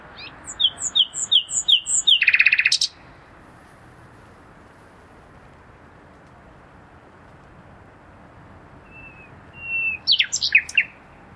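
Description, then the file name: Common nightingale song: a series of repeated notes ending in a harsh buzzy section, then a pause and a phrase of thin whistles and chirps. "Luscinia megarhynchos"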